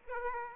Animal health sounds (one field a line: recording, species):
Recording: mosquito wingbeat signal from an infrared sensor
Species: Aedes aegypti